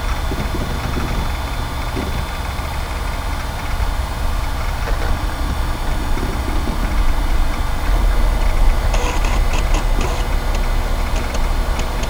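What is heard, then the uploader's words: An old computer runs with a steady low hum and a constant whirring drone that barely changes. Faint ticks and clicks come through at irregular moments, and from about nine seconds a burst of sharper, brighter clicking chatter appears over the hum. VINTAGE COMPUTING • Take a Trip Back to the 90s. MyNoise Vintage Office.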